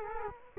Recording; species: mosquito wingbeat signal from an infrared sensor; Culex quinquefasciatus